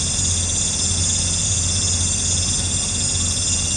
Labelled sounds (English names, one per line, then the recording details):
none
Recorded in pastures near Puerto Asís, Putumayo, Colombia, on 18 December 2024 at 18:30
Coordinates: 0.466, -76.322
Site G040